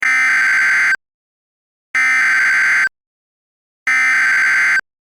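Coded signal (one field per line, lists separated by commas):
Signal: Emergency Alert System (SAME) tones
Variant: header bursts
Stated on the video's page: Mock EAS all-clear alert, not a real broadcast.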